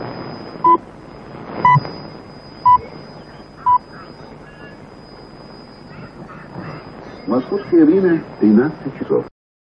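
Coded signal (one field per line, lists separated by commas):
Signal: radio time signal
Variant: Mayak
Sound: four short, evenly spaced high beeps one second apart, then a man speaking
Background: radio hiss, announcer speech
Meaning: The time pips count down to the exact hour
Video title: Interval signal and time pips of Mayak, U.S.S.R., recorded mid 70s.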